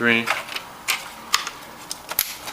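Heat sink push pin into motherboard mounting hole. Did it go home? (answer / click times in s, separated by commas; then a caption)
yes / 2.2 s. The last of four plastic push pins on a CPU heat sink is pressed down into its motherboard mounting hole, and someone talks over a few soft handling clicks. A sharp click sounds at 2.2 s as the pin seats, leaving the cooler fully mounted.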